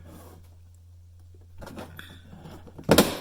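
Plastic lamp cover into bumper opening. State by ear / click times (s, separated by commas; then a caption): seated / 2.9 s, 3.0 s. A plastic license plate lamp cover on a 2012 Toyota Prius, with its legs set into the grooves, is pressed up into the bumper opening so it sits flush. After a steady low hum and soft rustling handling sounds, two sharp snaps at 2.9 s and 3.0 s mark the cover seating in place.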